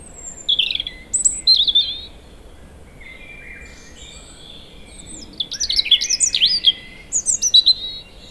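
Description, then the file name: European robin singing, a string of thin, high, varied warbling phrases with quick rises and falls, in two bursts separated by a pause, over a faint steady background hiss. "Erithacus rubecula"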